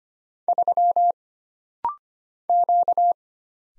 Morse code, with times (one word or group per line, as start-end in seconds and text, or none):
0.5-1.1 3
2.5-3.1 Q